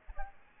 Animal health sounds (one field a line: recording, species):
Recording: mosquito wingbeat signal from an infrared sensor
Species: Aedes albopictus